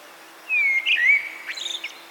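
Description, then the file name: Common blackbird song phrase: a low, fluted whistled warble that slides and dips, ending in a brief, high, squeaky twitter. "Turdus merula"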